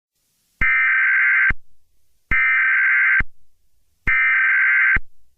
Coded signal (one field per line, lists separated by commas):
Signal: Emergency Alert System (SAME) tones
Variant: header bursts